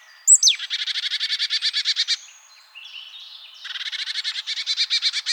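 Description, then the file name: Marsh tit calling: a sharp, high downslurred note followed by a rapid buzzy chatter of even notes, a short pause, then a second fast buzzy series. "Poecile palustris"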